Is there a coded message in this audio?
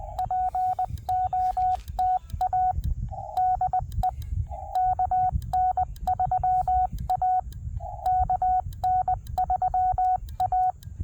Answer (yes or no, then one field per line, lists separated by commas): yes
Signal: Morse code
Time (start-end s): 0.2-10.7 s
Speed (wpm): 20 wpm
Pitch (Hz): 740 Hz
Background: none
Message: POTA DE KN3A KN3A